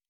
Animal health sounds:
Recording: hydrophone in a shrimp aquaculture tank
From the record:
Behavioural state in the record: normal

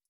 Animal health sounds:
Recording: hydrophone in a shrimp aquaculture tank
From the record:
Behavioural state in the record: stressed

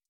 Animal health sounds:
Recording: hydrophone in a shrimp aquaculture tank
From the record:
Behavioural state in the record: stressed

